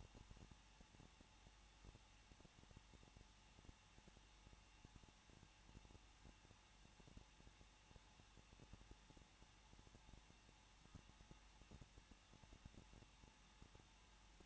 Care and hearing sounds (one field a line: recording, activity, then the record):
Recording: daily activity, microphone in the room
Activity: no activity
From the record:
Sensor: 1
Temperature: 20.1 degrees Celsius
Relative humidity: 39.2%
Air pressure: 1006.3 hPa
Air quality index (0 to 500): 218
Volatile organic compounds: 78 ppm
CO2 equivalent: 3588 ppm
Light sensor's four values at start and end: 1/2/1/1 and 1/2/1/1